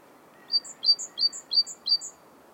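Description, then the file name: Great tit giving a rapid series of five high, sharp double-note calls, each a thin bright chip followed by a higher squeak, about three per second over a quiet hiss. "Parus major"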